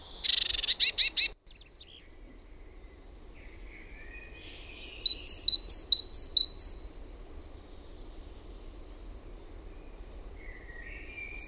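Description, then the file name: Great tit, starting with a buzzy churr and sharp notes, then a quick series of high two-part notes, with faint high calls afterwards. "TALITIAINEN"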